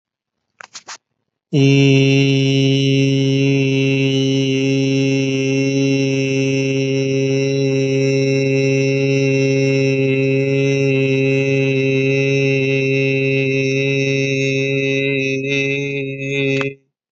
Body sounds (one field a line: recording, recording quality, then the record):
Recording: sustained vowel as in beet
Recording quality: excellent, no background noise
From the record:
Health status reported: exposed to COVID-19, no respiratory illness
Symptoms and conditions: none ticked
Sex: male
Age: 26 years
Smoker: not ticked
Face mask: not worn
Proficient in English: yes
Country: India